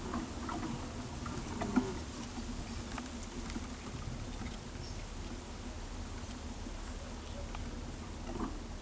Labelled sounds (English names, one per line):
none